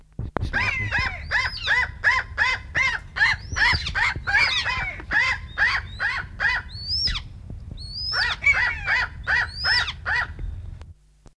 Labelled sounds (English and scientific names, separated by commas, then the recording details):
Red-necked Buzzard (Buteo auguralis) call, Common Buzzard (Buteo buteo)
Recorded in captivity
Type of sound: call
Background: Buteo buteo
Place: Zoo Hannover, Niedersachsen, DE
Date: 1969-11-25
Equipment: Halbspur, 9,5 cm/s
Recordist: Lütgens, Hans
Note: Ruft, als er das Futter sieht